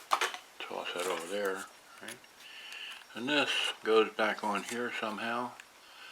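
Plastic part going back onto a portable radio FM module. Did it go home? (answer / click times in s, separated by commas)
no / none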